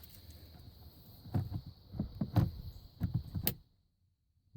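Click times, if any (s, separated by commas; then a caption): 3.5 s. An Alcantara-wrapped gauge bezel trim piece is slid back into the dashboard of a Genesis Coupe, with soft scraping and a series of light plastic knocks as it is worked into position. A sharp click at 3.5 s marks its clips snapping into place, followed by near silence, and the bezel is seated.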